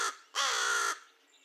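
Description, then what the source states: American crow call: the tail of one caw, then a single full harsh caw of about half a second. Recorded 2 May 2020.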